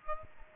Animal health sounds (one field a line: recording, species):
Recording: mosquito wingbeat signal from an infrared sensor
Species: Aedes aegypti